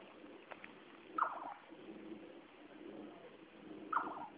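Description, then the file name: Jerdon's nightjar call: a quavering, downward-wobbling note, heard twice a few seconds apart, over steady background noise. "Caprimulgus Atripennis"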